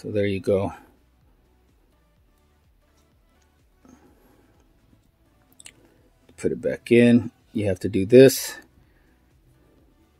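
An S Pen stylus is handled and put back toward its holster on a Spigen Liquid Air P case with a dBrand skin for a Samsung Galaxy S21 Ultra 5G, while someone talks. Faint handling taps and rustles come between about 3.4 and 6.3 seconds. Nothing has snapped or seated into the holster yet by the end of the clip.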